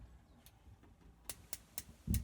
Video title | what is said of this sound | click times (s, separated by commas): 3 Quality Soft Close Concealed Hinges Compared | you heard those clicks, that sort of clicks in and stays off. | 1.3 s, 1.5 s, 1.8 s, 2.1 s